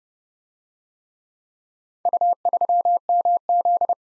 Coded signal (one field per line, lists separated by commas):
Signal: Morse code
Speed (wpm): 30 wpm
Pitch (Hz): 700 Hz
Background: none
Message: U3MZ